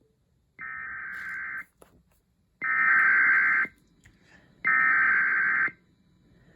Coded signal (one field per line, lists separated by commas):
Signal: Emergency Alert System (SAME) tones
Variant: header bursts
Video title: Tornado Warning EAS#428